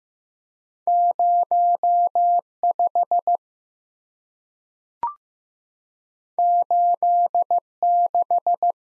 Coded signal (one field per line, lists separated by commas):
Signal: Morse code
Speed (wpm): 15 wpm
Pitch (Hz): 700 Hz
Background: none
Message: 05 86